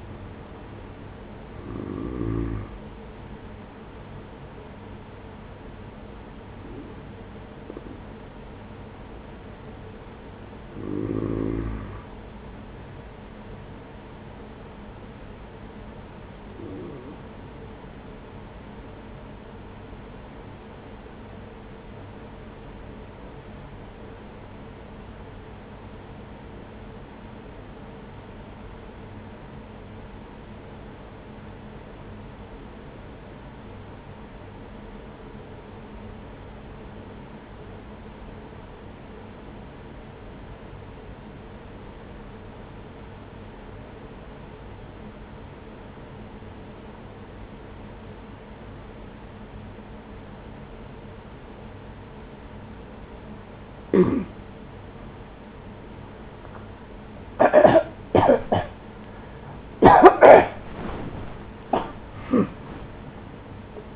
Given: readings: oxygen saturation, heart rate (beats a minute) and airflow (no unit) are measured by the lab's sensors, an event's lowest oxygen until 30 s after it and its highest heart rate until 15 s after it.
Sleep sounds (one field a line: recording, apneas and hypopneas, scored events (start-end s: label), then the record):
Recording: breathing in sleep by a voice recorder at the bedside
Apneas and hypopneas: 1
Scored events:
19.00-55.00 s: obstructive apnea (N1, oxygen 96% highest, then 84% lowest, heart rate 43 at the start, 78 highest)
47.00-63.95 s: new sleep stage, awake
55.00-63.95 s: awake
From the record:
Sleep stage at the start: N1 (lightest sleep)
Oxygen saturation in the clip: 86 to 96%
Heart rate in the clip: 41 to 69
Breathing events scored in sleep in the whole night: 210 in 6.9 hours asleep